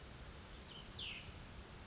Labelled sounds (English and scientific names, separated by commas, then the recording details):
Cassin's Vireo (Vireo cassinii)
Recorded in Sonoma County, California